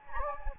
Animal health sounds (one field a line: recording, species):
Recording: mosquito wingbeat signal from an infrared sensor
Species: Anopheles gambiae